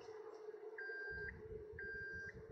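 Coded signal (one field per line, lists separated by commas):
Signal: beep code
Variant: Toyota MMT transmission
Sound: two long steady mid-pitched beeps, about half a second each, one second apart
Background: engine idle hum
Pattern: 2 long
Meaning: Long beeps signal the clutch actuator calibration (learning) procedure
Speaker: two two long beeps right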